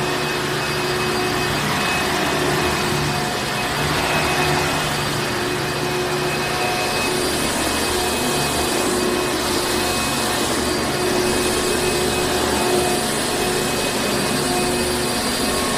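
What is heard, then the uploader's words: A vacuum runs steadily for the whole stretch, a dense, even roar with no pauses or changes in level. Several fixed whining tones sit on top of the rushing noise, and a low rumble stays underneath throughout. A Vacuum.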